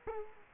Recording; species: mosquito wingbeat signal from an infrared sensor; Culex quinquefasciatus